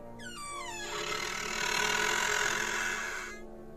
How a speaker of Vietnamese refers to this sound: Lúc nó lồm cồm bò dậy, định ra ngoài lấy chai nước uống cho đỡ rát cổ bởi vì gào thét, thì cơn gió ở đâu lùa vào, khiến cái cửa sổ đang khép hờ bỗng nhiên bị sổ bung ra, rít lên một tiếng.